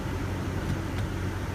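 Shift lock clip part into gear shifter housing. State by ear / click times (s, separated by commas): not seated / none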